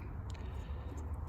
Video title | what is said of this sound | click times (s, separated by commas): how to fix frustrating rear washer leak on a 2005 BMW X3 | just click into place there | 0.3 s